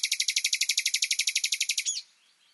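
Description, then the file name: Common nightingale delivering a rapid, buzzy, high trill of many pulses lasting nearly two seconds, then falling quiet. "Luscinia megarhynchos"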